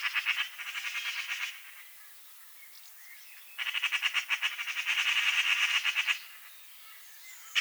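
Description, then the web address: Eurasian magpie uttering long rattling chatters of harsh, evenly repeated notes, two main bursts separated by a quieter pause. "SETE Pica pica"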